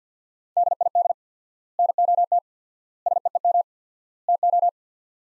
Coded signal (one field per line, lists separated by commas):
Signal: Morse code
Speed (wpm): 50 wpm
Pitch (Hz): 700 Hz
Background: none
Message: DID NOT SEEM TO